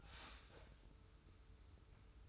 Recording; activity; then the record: daily activity, microphone in the room; start toaster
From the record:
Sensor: 2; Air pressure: 990.6 hPa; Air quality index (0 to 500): 163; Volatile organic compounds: 798 ppm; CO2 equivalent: 5128 ppm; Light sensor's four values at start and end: 23/55/22/22 and 23/55/22/22